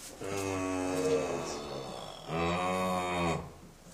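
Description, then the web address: Cow giving two long, low moos back to back, the second slightly stronger and steadier. "mvd geraeusche Tiere Kuh-Muh"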